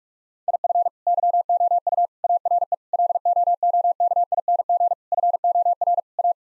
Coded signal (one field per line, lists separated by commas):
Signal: Morse code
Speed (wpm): 46 wpm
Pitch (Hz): 700 Hz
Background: none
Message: IF YOU ARE LOOKING FOR A